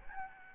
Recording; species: mosquito wingbeat signal from an infrared sensor; Aedes albopictus